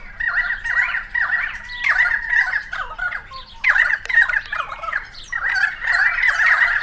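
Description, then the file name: Currawongs giving harsh, squawking calls in a busy overlapping chorus, in repeated bursts without a real pause. Several currawongs recorded on 28 May 2013. "130528 Currawongs"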